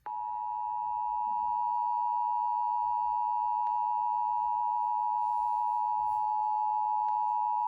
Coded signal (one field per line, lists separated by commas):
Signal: Emergency Alert System (SAME) tones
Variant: 853 and 960 Hz attention tone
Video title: Eas rwt on KUHF-FM, KACC-FM Eas#1933- 1934)